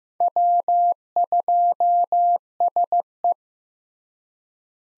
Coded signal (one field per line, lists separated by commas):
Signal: Morse code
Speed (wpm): 16 wpm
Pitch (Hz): 700 Hz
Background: none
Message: W2SE